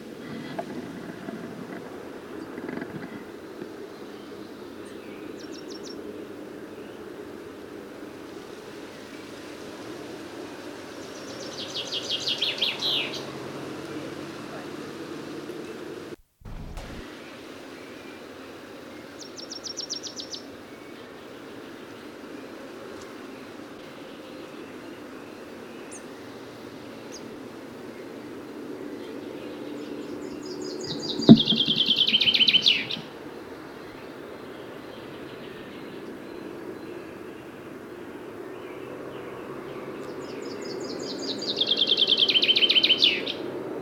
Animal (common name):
Common Chaffinch